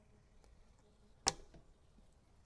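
On the other end of a board, a plastic snap-lock plug is pressed firmly with the palm through a composite garden bed stacking bracket into the composite board. A single sharp click is heard at 1.3 s over a quiet background, and the plug snaps into place, seated.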